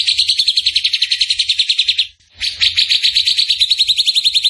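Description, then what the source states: Bird song: a rapid, chattering high trill that stops briefly, then resumes at the same quick, steady pace. Masteran training recording of a bird singing energetically (gacor) in the tembakan style, Indonesia.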